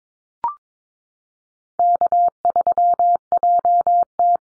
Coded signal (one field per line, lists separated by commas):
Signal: Morse code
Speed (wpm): 22 wpm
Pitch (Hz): 700 Hz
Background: none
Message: K3JT